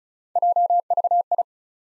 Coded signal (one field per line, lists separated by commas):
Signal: Morse code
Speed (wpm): 36 wpm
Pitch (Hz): 700 Hz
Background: none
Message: JVI